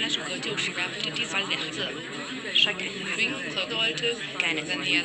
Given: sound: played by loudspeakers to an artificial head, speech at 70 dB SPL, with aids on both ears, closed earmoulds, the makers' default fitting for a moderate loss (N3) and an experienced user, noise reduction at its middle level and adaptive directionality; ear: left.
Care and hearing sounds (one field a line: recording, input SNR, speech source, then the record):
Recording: speech test signal (ISTS) in cocktail-party noise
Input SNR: -6 dB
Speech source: in front (0 degrees)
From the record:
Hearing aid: class 1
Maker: C